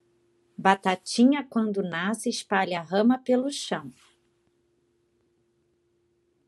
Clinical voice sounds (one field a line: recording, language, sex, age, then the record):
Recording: short text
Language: Brazilian Portuguese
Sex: female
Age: 40 to 49 years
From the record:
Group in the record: control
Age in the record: 46 years